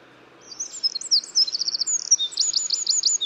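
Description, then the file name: Eurasian wren song: rapid high twitters and rattling trills, then a run of evenly spaced sharp notes, loud and energetic. "Troglodytes troglodytes"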